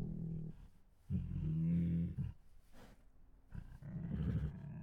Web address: Sound Ideas Tigers Sound Effects Hungry Groans, Huffs, Moans and Snores